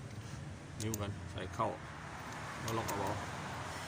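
A small metal valve cup is being handled on the rocker arm of an Isuzu D-Max pickup diesel engine's valve train, with someone talking briefly over a steady low hum of background noise. Nothing has seated or clicked yet.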